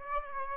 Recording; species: mosquito wingbeat signal from an infrared sensor; Aedes aegypti